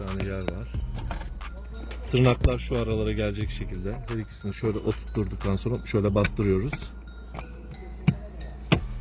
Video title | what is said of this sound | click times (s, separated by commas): BYD ARAÇ KAMERASI NASIL KURULUR? - How to install BYD Dash Cam? #byd #automobile #bydclubturkiye | Biraz sağlam bastırın ki tık diye otursun. Evet, şu an sert bir şekilde oturdu. | 8.7 s